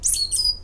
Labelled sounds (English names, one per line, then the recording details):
Stitchbird song
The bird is a male
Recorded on Tiritiri Matangi Island, New Zealand, in 2005
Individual 17, of nest box 25